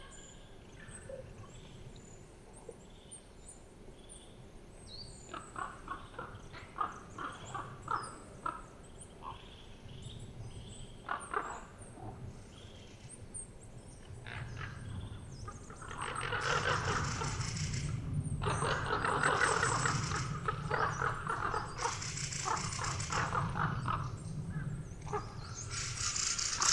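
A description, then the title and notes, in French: A flock of ravens heading to roost, their calls scattered at first, then growing louder and denser after sixteen seconds over low rumble. Sentier de la Sarcena - Nagra Seven - binaural - mkh8020. Une bande de 50 grands corbeaux qui filent vers leur dortoir pour la nuit. Ils crient beaucoup, virevoltent, font des cabrioles, se chamailles puis s'éloignent. Un vol de corbeaux.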